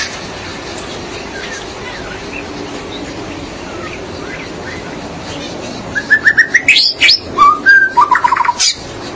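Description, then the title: Magpie-robin or shama song: after a quiet, hissy start, a burst of clear whistled notes, sharp upslurs and rapid trilled phrases comes near the end. "Suara Burung Murai"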